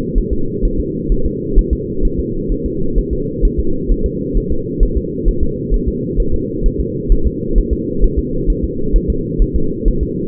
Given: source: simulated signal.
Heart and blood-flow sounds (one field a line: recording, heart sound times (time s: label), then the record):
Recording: fetal heart sounds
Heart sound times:
0.18 s: S1
0.33 s: S2
0.65 s: S1
0.80 s: S2
1.12 s: S1
1.26 s: S2
1.58 s: S1
1.73 s: S2
2.05 s: S1
2.19 s: S2
2.52 s: S1
2.66 s: S2
2.99 s: S1
3.13 s: S2
3.45 s: S1
3.60 s: S2
3.92 s: S1
4.06 s: S2
4.37 s: S1
4.52 s: S2
4.83 s: S1
4.97 s: S2
5.28 s: S1
5.43 s: S2
5.74 s: S1
5.88 s: S2
6.20 s: S1
6.34 s: S2
6.66 s: S1
6.80 s: S2
7.12 s: S1
7.27 s: S2
7.58 s: S1
7.73 s: S2
8.04 s: S1
8.19 s: S2
8.50 s: S1
8.64 s: S2
8.96 s: S1
9.10 s: S2
9.42 s: S1
9.56 s: S2
9.88 s: S1
10.03 s: S2
From the record:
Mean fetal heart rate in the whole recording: 130 bpm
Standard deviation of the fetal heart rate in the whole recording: 2 bpm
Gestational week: 38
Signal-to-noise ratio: -8.1 dB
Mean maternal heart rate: 72 bpm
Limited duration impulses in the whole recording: absent